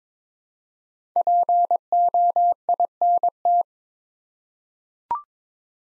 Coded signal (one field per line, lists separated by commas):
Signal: Morse code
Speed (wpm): 23 wpm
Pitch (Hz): 700 Hz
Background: none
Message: POINT